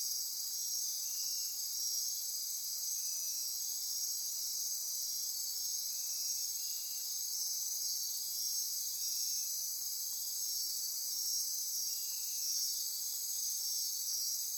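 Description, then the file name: Insect chorus: a steady, high shrill drone from many insects, with soft buzzy pulses recurring underneath. Insect chorus at midnight near Corcovado. "Wind-is-the-Original-Radio-Fridays 20240628 Andy-Martin Midnight-Insect-Chorus-Near-Corcovado"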